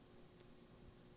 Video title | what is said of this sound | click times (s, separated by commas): Simple Unifi Setup Guide | just slide in like so and click into place there | 0.4 s